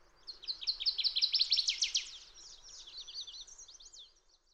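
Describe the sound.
Fox sparrow delivering one long, musical song: fast repeated whistled notes that swell into a loud buzzy climax, then fade through slurred twitters.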